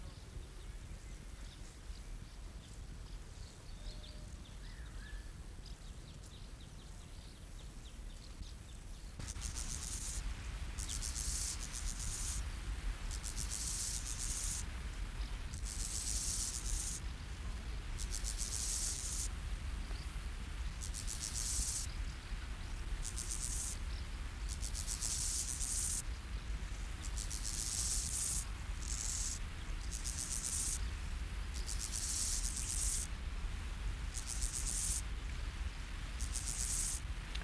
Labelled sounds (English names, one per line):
Steppe Grasshopper stridulation